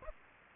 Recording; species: mosquito wingbeat signal from an infrared sensor; Aedes aegypti